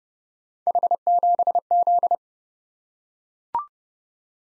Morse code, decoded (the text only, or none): H7Z